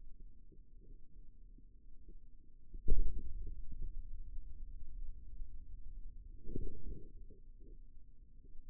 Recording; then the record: forearm muscle sounds (acoustic myography)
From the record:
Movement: radial deviation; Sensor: system 2, bracelet of six BSWA MPA416 microphones around the upper forearm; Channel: 3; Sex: male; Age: 22 years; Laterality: right